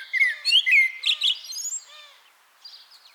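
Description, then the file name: Common blackbird song: one brief phrase of clear fluty whistles sliding into a high squeaky twitter, trailing off into faint high notes. "Turdus merula"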